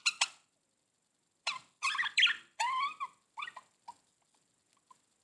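Budgerigar chatter: two sharp clicks, then a run of buzzy, harmonic warbles and squeaks with short pauses, trailing off into a few faint ticks.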